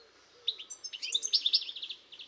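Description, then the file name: European goldfinch twittering, a quick jumble of high tinkling chirps and short notes. "Carduelis carduelis"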